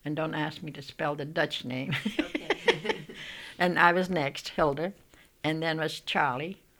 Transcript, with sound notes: And don't ask me to spell the Dutch name. ( they laugh ) And I was next, Hilda. And then was Charlie,